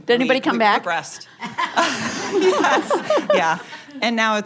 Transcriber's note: laughter